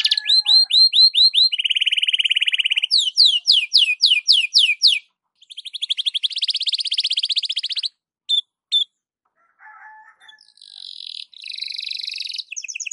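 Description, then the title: Belgian canary singing rapid repeated upswept notes and dense buzzy trills, broken by short pauses, then softer rolling phrases near the end. Belgian canary song in the morning, for warming up Belgian canaries; suitable for masteran (tutoring other birds). "Canto Para Esquentar Canário Belga. SUARA BURUNG KENARI DI PAGI HARI COCOK BUAT MASTERAN"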